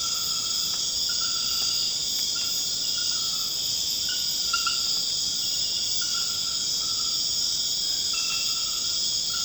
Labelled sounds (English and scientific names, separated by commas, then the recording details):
none
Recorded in dense forest near Puerto Asís, Putumayo, Colombia, on 24 March 2025 at 23:00
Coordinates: 0.481, -76.323
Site G088